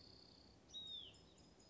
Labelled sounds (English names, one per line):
Hutton's Vireo